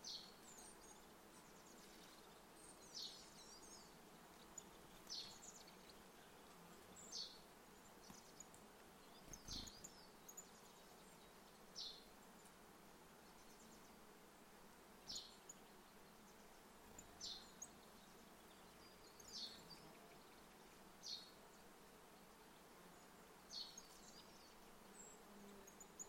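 A gentle summer forest with a steady insect hum and a soft bright chirp repeating every two seconds or so, one dull bump midway.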